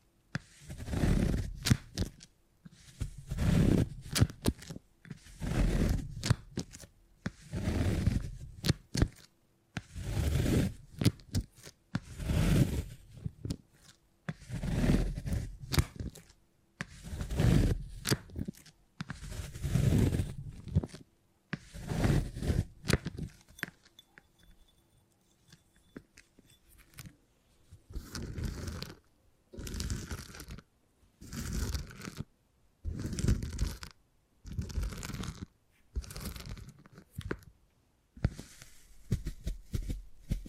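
Beeswax is handled in slow, repeated strokes, each a soft crinkling, tearing rustle lasting about a second, arriving roughly every two seconds. A quieter pause falls around 23–27 seconds, then the strokes resume, slightly lighter and crisper, until the end.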